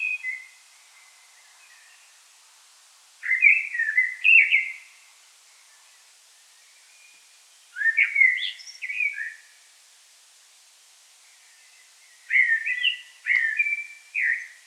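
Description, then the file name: Common blackbird song: clusters of rich, whistled warbling notes separated by quiet gaps of several seconds. "Turdus merula"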